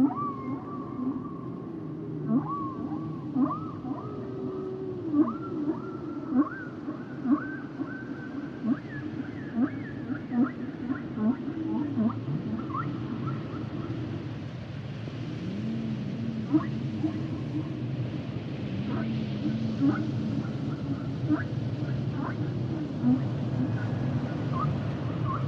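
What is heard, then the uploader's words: Humpback whale song fills the recording: low moaning calls that rise and bend, with higher whistles and squeaks scattered through it. Short chirps and clicks come every second or so, and a steady rushing hiss of water stays underneath the whole time. The songs and sounds of the humpback whale.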